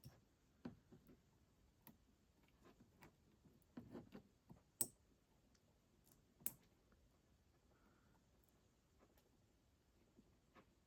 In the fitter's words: I've been doing all three, and they just slot in and just slide down until you hear an audible click, and it's quite an obvious little click.